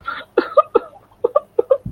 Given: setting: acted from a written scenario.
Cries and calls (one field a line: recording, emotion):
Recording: vocal sound without words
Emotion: sadness